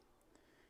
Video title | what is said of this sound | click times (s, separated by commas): Holosun 507K X2 Mounting on a Glock 43X MOS | and then you'll click in you can hear that little audible click | 0.3 s